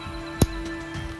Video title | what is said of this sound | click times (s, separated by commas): Most Popular JURASSIC WORLD Collections! APATOSAURUS, TREX, SUCHOMIMUS & More Dinosaur Figures | and it clicks right in there wow look at that and on the other side | 0.4 s